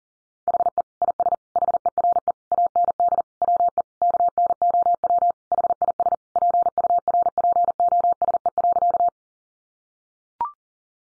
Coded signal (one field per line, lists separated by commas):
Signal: Morse code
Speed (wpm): 40 wpm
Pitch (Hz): 700 Hz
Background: none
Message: HE IS HERE AND WE KNOW HIS PURPOSE.